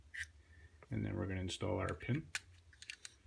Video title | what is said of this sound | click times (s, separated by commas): Sig Sauer P365 Grip Module Replacement | you can hear that click into place and just make sure it's flush on both sides | 2.9 s, 3.0 s